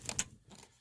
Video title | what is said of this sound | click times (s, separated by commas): 99-04 mustang GT SR performance cold air intake review and install | We're going to plug the mass airflow right back in, your stock one. So you hear that | 0.1 s, 0.2 s